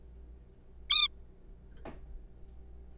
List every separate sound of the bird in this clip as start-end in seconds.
0.90-1.08